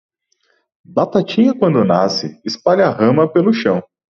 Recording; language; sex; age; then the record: short text; Brazilian Portuguese; male; 30 to 39 years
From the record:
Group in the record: control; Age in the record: 36 years